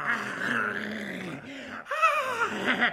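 Police dogs growl in a low, rumbling stretch, then after a short pause launch into a second, louder burst of growling with rising, whining edges, with no talking over it.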